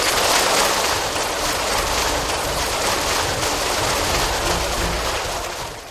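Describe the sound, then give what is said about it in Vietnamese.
An audience at a Buddhist program applauds to welcome a Buddhist lay guest, a dense, even wash of many hands clapping that holds steady for several seconds before tapering off at the end. No one speaks over it. “Xin quý vị hãy cho một tràng pháo tay thật lớn để cùng nhau chào đón Phật tử”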